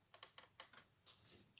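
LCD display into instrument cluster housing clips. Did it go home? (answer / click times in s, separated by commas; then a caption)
yes / 0.6 s. A replacement FIS LCD display is pressed gently into the instrument cluster housing of an Audi A4 B6 until its plastic clips snap into place. A series of short, sharp plastic clicks and taps is heard, with the loudest snap at 0.6 s, when the display seats in its clips.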